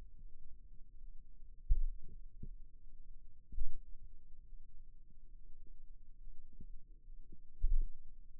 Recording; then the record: forearm muscle sounds (acoustic myography)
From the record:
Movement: finger pinch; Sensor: system 2, bracelet of six BSWA MPA416 microphones around the upper forearm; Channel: 1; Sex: male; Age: 22 years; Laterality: right